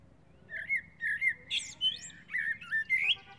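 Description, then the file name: Common blackbird song, mellow fluted notes gliding around one pitch, broken by a higher squeaky twitter in the middle, then more fluted notes. "Turdus merula"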